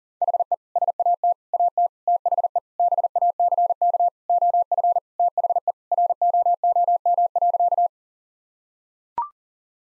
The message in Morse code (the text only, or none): HE SAT AT THE BACK OF THE ROOM.